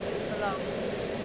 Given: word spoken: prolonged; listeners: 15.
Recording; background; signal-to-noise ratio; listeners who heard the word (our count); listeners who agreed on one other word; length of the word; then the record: one English word in noise, from a listening test; speech-shaped noise; -4.3 dB; 1 of 15; 7 of 15; 0.85 s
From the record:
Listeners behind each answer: 7, 3, 2, 1, 1, 1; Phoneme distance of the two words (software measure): 34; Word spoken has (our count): 2 syllables, 7 phonemes, stress on syllable 2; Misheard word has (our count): 2 syllables, 5 phonemes, stress on syllable 2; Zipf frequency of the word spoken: 3.43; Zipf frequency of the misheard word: 4.30